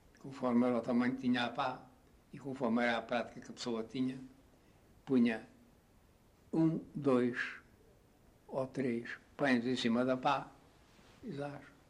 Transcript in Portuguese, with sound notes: Conforme era o tamanho que tinha a pá e conforme era a prática que a pessoa tinha, punha [pausa] ou três pães em cima da pá e zás!